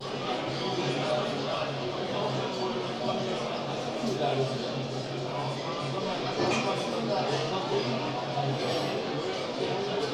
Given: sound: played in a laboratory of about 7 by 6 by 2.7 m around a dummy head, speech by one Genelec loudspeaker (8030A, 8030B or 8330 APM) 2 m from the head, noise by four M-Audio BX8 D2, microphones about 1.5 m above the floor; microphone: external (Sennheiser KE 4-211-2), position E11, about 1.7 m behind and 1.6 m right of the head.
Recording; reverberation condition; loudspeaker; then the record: cafeteria noise; medium; four, about 170 cm from the corners of the room and facing them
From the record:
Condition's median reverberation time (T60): about 510 ms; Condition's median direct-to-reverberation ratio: about -0.5 dB